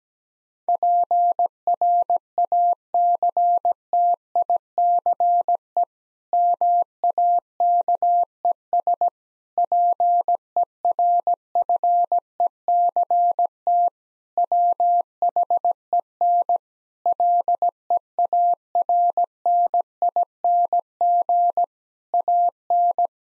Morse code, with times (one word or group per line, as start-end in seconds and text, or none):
0.7-5.8 PRACTICE
6.3-9.1 MAKES
9.6-13.9 PERFECT
14.4-16.6 WHEN
17.1-21.6 LEARNING
22.1-23.1 AN